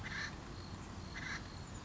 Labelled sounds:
Acorn Woodpecker
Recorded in Sonoma County, California

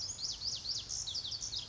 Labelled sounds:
Pacific Wren
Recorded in Sonoma County, California

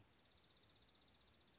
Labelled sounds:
Dark-eyed Junco
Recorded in Sonoma County, California

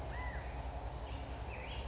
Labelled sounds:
California Quail
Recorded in Sonoma County, California

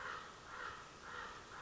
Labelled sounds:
Common Raven
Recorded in Sonoma County, California

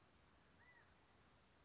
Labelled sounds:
California Quail
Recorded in Sonoma County, California

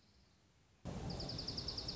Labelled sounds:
Dark-eyed Junco
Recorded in Sonoma County, California

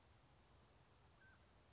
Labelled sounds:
Mountain Quail
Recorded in Sonoma County, California

